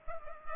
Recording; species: mosquito wingbeat signal from an infrared sensor; Culex pipiens